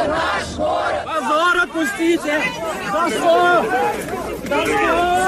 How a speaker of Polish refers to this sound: Jednak funkcjonariusze zagrodzili im drogę. Tłum wykrzykiwał hasła "Zatrzymać terror policji, hańba i to jest nasze miasto".